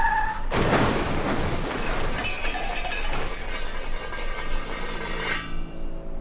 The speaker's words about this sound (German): Er hob ein Maschinengewehr und begann zu schießen. Ein Reifen wurde getroffen, der Wagen schlingerte und fuhr gegen die Straßenbegrenzung.